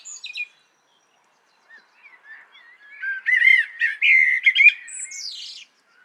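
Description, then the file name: Common blackbird song: faint thin notes at first, then a loud flowing fluted warble ending in a high, squeaky twitter. "Turdus merula"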